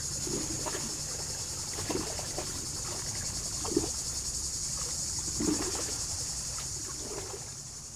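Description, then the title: Cicadas singing a steady, shimmering high-pitched buzz throughout, with soft water lapping and clicking against rocks and a faint low rumble of traffic. Cicadas very active in poplars at the water's edge of Lac du Bourget, France, on a hot summer day; water lapping on rocks and road traffic nearby. "Chem. de la Fontaine, Brison-Saint-Innocent, France - Les cigales"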